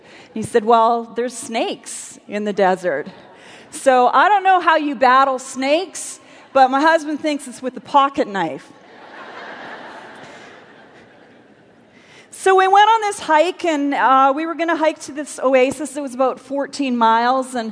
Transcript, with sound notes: He said, “Well, there are snakes in the desert.” I don’t know how you battle snakes, but my husband thinks it’s with a pocketknife! (laughter) So we went on this hike, and we were going to hike to this oasis—it was about fourteen miles.